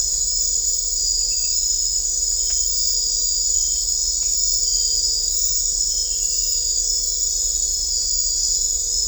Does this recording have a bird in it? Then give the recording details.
no. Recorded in dense forest near Puerto Asís, Putumayo, Colombia, on 16 December 2024 at 20:30. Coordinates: 0.500, -76.322. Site G053